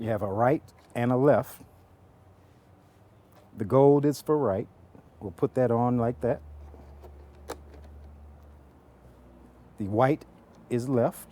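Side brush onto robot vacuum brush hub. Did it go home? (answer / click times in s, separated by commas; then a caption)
yes / 7.5 s. Someone talks while pressing the right-hand gold side brush of a Tesvor S6 robot vacuum onto its plastic hub on the underside of the vacuum. A single sharp click at 7.5 s shows the side brush snapping on and seating in place.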